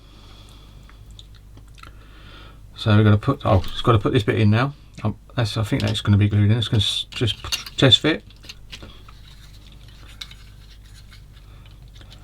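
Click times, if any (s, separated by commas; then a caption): none. A plastic kit part is being test-fitted into the hull of a Das Werk 1/35 scale Trippel SG 6/38 Schwimmwagen amphibious vehicle model. Someone talks over faint handling taps and light plastic ticks, with a sharper tap near 10.2 s. Nothing has seated or clicked into place yet.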